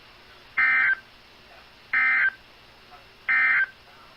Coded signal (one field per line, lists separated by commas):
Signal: Emergency Alert System (SAME) tones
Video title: [LIVE STREAM EAS; DOUBLE HEADER] SVR + FFW - 07/20/2018 (EAS #285-286)